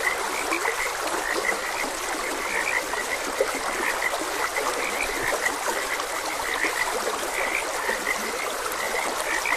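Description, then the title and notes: Frogs give rapid, overlapping croaks without pause, a busy chorus blended with the continuous babble of a stream. Frogs croaking beside a gentle stream. "Gentle Stream and Frogs Croaking. Sleep and Relaxation Podcast"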